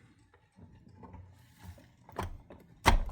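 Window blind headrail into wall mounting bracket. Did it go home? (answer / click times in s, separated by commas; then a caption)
yes / 2.9 s. An ARLO faux wood blind headrail is pushed up into its wall mounting bracket after the two small latch levers are raised. Faint handling rustles and small knocks lead to a thump around 2.2 s, then a sharp, loud click at 2.9 s as the headrail locks home and seats in the bracket.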